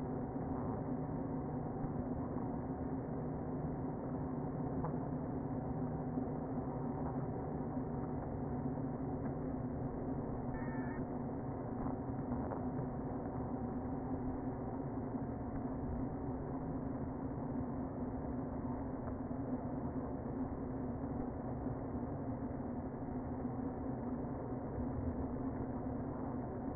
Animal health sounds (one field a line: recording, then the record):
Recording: honeybee colony, microphone inside the hive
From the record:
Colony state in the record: queen present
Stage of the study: before two queens were removed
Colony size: about 60,000 bees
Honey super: yes